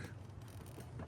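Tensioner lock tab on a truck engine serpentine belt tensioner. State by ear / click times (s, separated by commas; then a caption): not seated / none. On a 2003 Excursion 6.0 truck engine, the serpentine belt is pulled hard by hand to move the tensioner while the tensioner lock tab is pushed toward place to hold the tensioner slack. A steady low rumble fills the clip, with a brief faint tick near 1.1 s. Nothing has seated or clicked yet; the clip ends just before the tab pops home.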